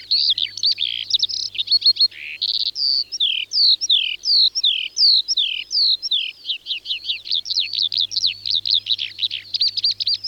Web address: Alauda arvensis. ns svatomartinska alej